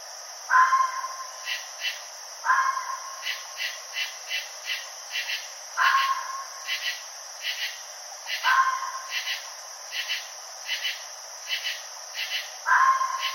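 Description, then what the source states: Red fox giving several harsh cries at irregular intervals, over continual rhythmic paired chirps from insects or frogs. Recorded on 29 June 2012.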